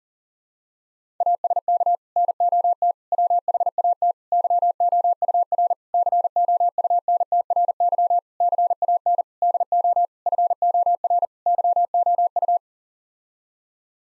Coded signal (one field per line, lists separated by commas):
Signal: Morse code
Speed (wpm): 37 wpm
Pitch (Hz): 700 Hz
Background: none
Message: ASK NOT WHAT YOUR COUNTRY CAN DO FOR YOU